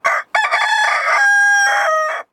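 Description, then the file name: Chicken: rooster crowing, a short clipped opening note, then a long drawn-out crow. "Kokouukuuu"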